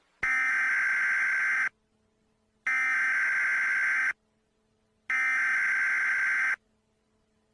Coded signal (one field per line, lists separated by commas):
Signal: Emergency Alert System (SAME) tones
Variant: header bursts